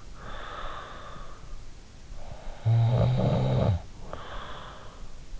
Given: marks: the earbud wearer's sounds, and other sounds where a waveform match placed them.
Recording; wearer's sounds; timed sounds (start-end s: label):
sounds in sleep by an in-ear microphone; breath, snoring breath
0.26-1.57 s: breath
2.03-5.33 s: snoring breath